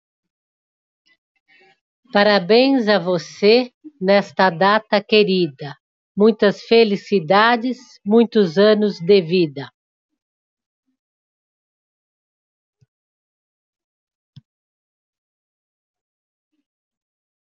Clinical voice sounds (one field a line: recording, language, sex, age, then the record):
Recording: short text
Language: Brazilian Portuguese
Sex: female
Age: 60 to 69 years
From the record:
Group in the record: control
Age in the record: 63 years